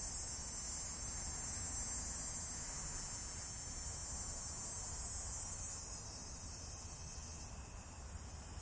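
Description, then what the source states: Continuous shrill cicada buzz, loud at first then gradually fading toward the end, over low-pitched background noise. Cicadas recorded in Michigan.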